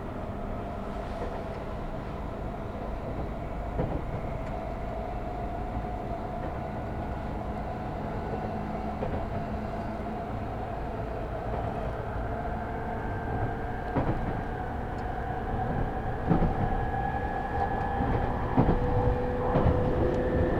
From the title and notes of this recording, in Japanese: 東京メトロ 飯田橋→西船橋。津田沼行きの快速に乗車していますので、車両はＪＲの車両です。